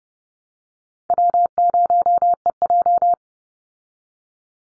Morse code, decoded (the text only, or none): W0EJ